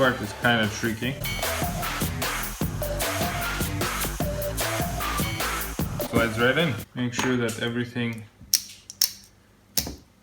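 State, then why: Seated. A ratchet/pawl part is slid into a sailboat winch drum during a winch overhaul while music plays and someone talks. Sharp clicks sound at 8.6, 9.0 and 9.8 seconds as the part clicks into place and seats.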